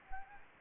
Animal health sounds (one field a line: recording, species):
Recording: mosquito wingbeat signal from an infrared sensor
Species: Anopheles gambiae